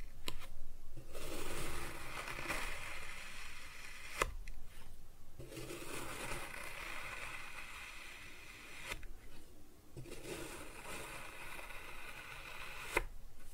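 Kinetic sand being cut and scooped, a steady granular crunching and hissing that fills most of the recording. The sound breaks off in brief pauses near 1, 4.5 and 9 seconds, and sharp clicks land around 4 and 13 seconds.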